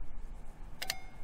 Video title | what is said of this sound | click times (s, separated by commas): 🔥 2020 Review! Foxpeed Portable Emergency Car Booster Jump Starter 🔋🚗 | and it'll start to pop on you you'll hear a click sound listen | 0.8 s, 0.9 s